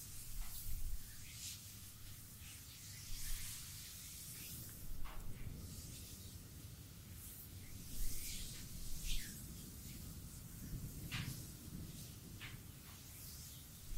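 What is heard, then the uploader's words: Hands rub lotion across a back in a steady low rumble, with brief bright slick swipes and squelches every second or so. ASMR Relaxing Sport Back Massage with lotion by Anna.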